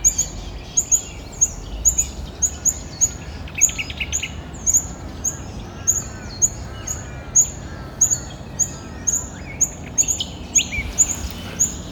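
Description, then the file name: Rufous fantail calls, sharp very high chips repeated about twice a second throughout, with softer lower squeaky notes between them and a hiss of background noise. "Rhipidura Rufifrons"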